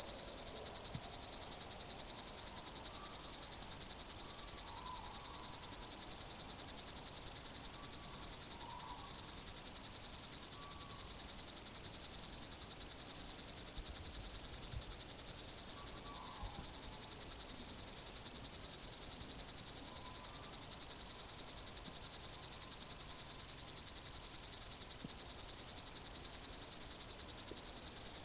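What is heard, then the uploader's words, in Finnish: A late-summer soundscape at Siikalahti, filled with a dense, unbroken high shrill of crickets or other insects that holds steady for the whole stretch. Faint, brief chirping calls, likely birds, surface now and then, around 3, 9, 16 and 20 seconds. Loppukesän äänimaisemassa Siikalahdella. Lintukesä kypsyy elokuussa täyteen mittaansa. Pesimäkauden päätyttyä joukot ovat suurimmillaan, kun poikaset liittyvät aikuisten parviin. Lintuja näkyy ja kuuluu kuitenkin niukemmin kuin keväällä, koska iso osa niistä on vaiti ja piileskelee vesikasvustoissa, metsissä ja pensaikoissa.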